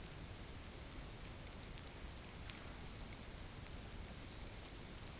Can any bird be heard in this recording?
no